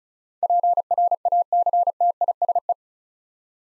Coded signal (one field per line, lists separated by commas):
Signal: Morse code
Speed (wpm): 36 wpm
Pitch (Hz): 700 Hz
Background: none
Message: PRACTISE